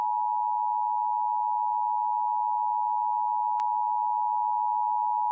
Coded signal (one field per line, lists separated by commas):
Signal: Emergency Alert System (SAME) tones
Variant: 853 and 960 Hz attention tone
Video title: (EAS MOCK) Pennsylvania statewide EAs test **VALID TONES**